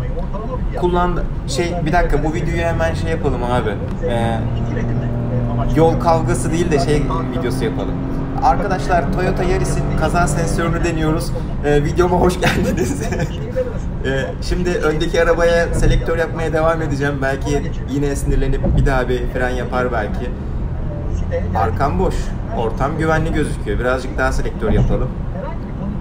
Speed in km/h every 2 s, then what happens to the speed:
81, 83, 85, 99, 103, 106, 100, 93, 93, 91, 94, 98, 94.
0-9 speeds up to 106. 9-17 slows to 91.